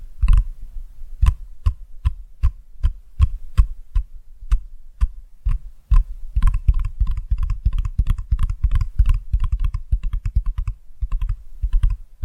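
Tapping sounds with a deep, thumping low end and a sharp click on top. For the first six seconds the taps fall steadily, about two per second; after that they come faster and denser, with quicker irregular runs of clicks through the end.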